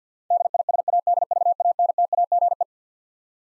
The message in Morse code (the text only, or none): DISADVANTAGE